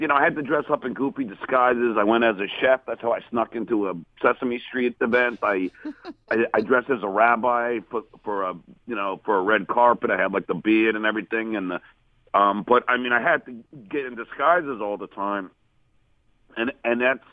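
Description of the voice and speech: An adult man tells a story with mild stuttering: word repetitions ("I, I, I"), a repeated "for" and a brief block, with frequent pauses between phrases.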